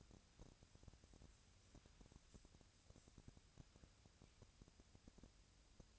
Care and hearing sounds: daily activity, microphone in the room; wipe stove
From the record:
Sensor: 2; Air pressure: 1000.4 hPa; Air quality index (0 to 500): 169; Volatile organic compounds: 3 ppm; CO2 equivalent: 1402 ppm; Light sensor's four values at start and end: 10/24/10/11 and 10/24/10/11

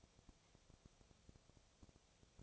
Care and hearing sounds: daily activity, microphone in the room; no activity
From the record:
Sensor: 1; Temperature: 19.6 degrees Celsius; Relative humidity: 36.4%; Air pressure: 997.0 hPa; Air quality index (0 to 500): 204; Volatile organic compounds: 129 ppm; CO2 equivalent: 3923 ppm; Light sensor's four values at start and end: 1/2/1/1 and 1/2/1/1

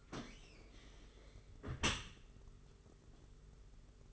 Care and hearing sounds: daily activity, microphone in the room; close dishwasher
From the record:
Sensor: 4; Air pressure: 992.2 hPa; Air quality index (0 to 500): 109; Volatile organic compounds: 18 ppm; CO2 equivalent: 2615 ppm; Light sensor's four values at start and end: 23/78/28/30 and 23/78/28/30

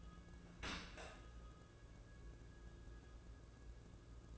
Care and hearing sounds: daily activity, microphone in the room; open dishwasher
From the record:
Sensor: 2

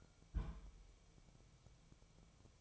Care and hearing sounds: daily activity, microphone in the room; place on stove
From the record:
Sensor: 1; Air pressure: 999.5 hPa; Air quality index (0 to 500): 198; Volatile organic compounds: 39 ppm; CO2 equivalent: 3137 ppm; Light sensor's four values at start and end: 9/22/8/9 and 9/22/8/9

